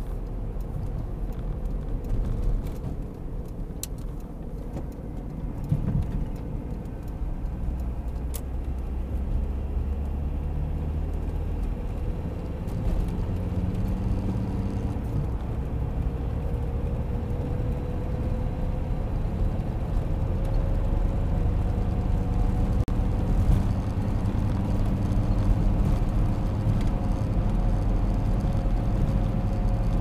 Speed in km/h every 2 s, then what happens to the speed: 57, 51, 39, 40, 50, 60, 67, 75, 80, 85, 91, 97, 100, 102, 103.
0-4 brakes to 39. 6-30 speeds up to 103.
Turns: 2-6.